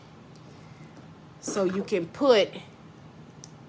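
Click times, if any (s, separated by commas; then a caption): 3.4 s. While making a bracelet, a small metal jump ring is pushed into place with jump ring pliers as someone talks. A faint tick comes at about 0.4 seconds, then a sharp, very short click at 3.4 seconds as the ring latches into place and seats.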